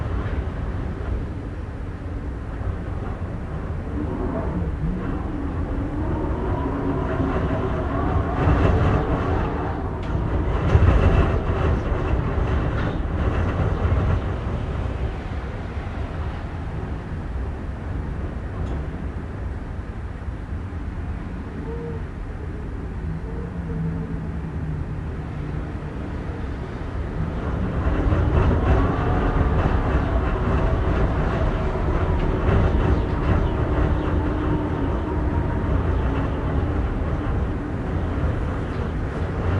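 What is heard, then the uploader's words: Gusts of wind rush past concrete and glass over the low, steady hum of a busy downtown. The roar is dense and mostly low, swelling around 10 seconds and again from about 27 seconds on, with faint tonal whines drifting through the middle stretch. Windy Night, Windy City. The normally ever-present hum of the busy downtown takes a backseat to gusts of wind howling past concrete and glass. From high above, the world vibrates and the street traffic below starts to fade in a cadence similar to that of the passing gale.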